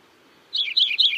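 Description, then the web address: Lincoln's Sparrow song opening: three quick, gurgling descending notes after a brief silence. "Songs of Birds of North America Know Your Bird Sounds Common Western Species. Lincolns Sparrow"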